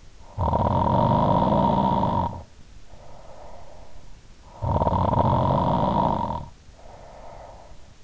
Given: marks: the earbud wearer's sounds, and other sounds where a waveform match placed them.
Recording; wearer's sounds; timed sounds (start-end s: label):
sounds in sleep by an in-ear microphone; snoring breath
0.27-4.04 s: snoring breath
4.42-8.04 s: snoring breath